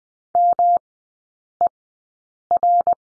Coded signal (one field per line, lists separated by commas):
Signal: Morse code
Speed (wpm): 20 wpm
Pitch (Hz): 700 Hz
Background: none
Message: MER